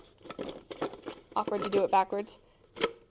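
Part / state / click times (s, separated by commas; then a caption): food processor bowl onto motor base / seated / 2.8 s. A plastic food processor bowl is twisted onto its motor base until it locks. Someone talks over scattered handling clicks and rustles, then a sharp click at 2.8 s as the bowl seats in its locked position.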